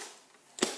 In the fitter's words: you hear it clicks like that and then